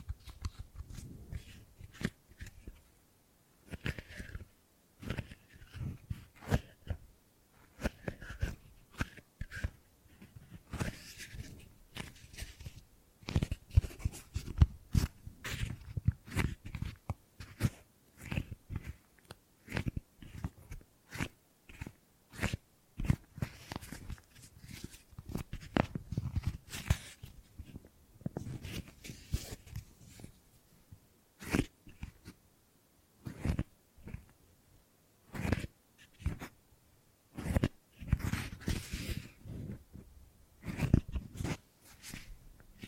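Gripping and grabbing sounds, a steady run of quick, irregular crackles and rustles that come in dense clusters with short gaps between them. Each grab mixes a soft low thump with a bright, crinkly edge, and the pattern keeps going throughout.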